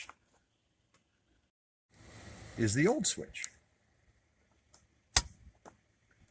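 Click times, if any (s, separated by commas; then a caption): 5.2 s. Someone talks, then the old turn signal switch is pushed into the steering column housing and its locking ears catch the tab with a sharp click at 5.2 s. The switch latches in.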